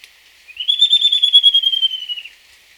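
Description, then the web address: Slate-crowned antpitta giving a high whistled trill, a fast run of notes on one pitch that drifts slightly downward over nearly two seconds, then stops. Recorded in Ecuador. "Birds of Ecuador 2. Slate-Crowned Antpitta"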